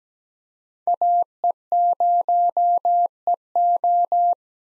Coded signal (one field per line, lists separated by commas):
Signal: Morse code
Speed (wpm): 17 wpm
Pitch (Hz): 700 Hz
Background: none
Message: AE0EO